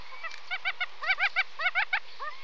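Bird honking calls, a run of short nasal harmonic notes in quick uneven bursts, several overlapping, with a faint whistle behind.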